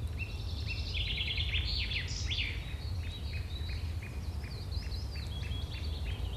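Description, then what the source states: Birds chirping, a lively run of quick high twittering notes and short repeated chips throughout, over a steady low rumble. Birds chirping on a field with a farm nearby.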